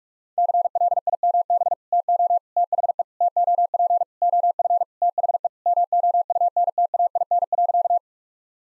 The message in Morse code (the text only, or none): CLIMB TO THE TOP OF THE MOUNTAIN.